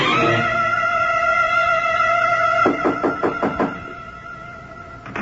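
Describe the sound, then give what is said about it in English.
A New York apartment door buzzer drones steadily for a couple of seconds, unlocking the entrance, then gives way to a quick burst of rattling, knocking clicks from the latch before fading out. No one speaks. “Wait a minute, I'll buzz the door for you.”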